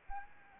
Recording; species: mosquito wingbeat signal from an infrared sensor; Anopheles arabiensis